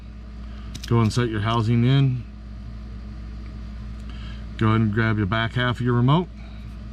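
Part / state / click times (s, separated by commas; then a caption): back plastic half of a car smart key remote onto the front half / not seated / none. Someone talks while reassembling a 2017 Jeep Cherokee 5-button smart key remote: the circuit board is back in the rubber housing, the housing is set in, and the back plastic half of the remote is picked up to go onto the front half. Between the two spoken passages, a brief handling tap is heard at about 0.8 s and a fainter one at about 4.1 s, over a steady low hum. Nothing has seated or clicked yet.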